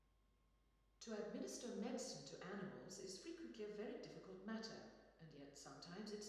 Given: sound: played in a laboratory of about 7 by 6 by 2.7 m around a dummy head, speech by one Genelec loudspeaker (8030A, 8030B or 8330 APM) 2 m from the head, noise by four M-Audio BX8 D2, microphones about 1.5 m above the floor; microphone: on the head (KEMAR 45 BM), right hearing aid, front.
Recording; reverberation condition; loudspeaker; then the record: female speech in English; high; 120 degrees to the right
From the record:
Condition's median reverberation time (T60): about 1300 ms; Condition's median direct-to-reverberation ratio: about -4.0 dB